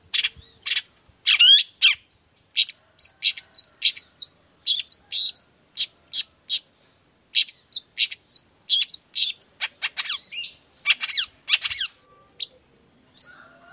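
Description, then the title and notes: Long-tailed shrike song of sharp chips, rasps and whistled notes, delivered in busy irregular runs. Energetic morning song with varied 'toet toet' notes, used as a lure to prompt other shrikes of any kind to reply quickly and open their beaks. "Cendet Gacor Dor Di Kala Pagi Toet Toet Variasi Suara. Cendet Gacor Efektif Pancingan Buat Cendet Jenis Apapun Agar Cepat Nyaut Buka Paruh. Burung cendet"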